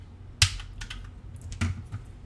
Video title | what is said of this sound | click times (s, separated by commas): I Bought a Dozen Dualshock 2s Listed as Broken. Let's See How Many Actually Are. | and you can just snap them on into place that | 0.4 s